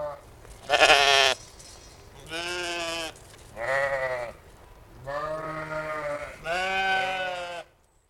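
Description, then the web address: East Friesian sheep bleating in five drawn-out, harmonic-rich calls with short pauses between them. "Tierstimmen Schaf ostfries"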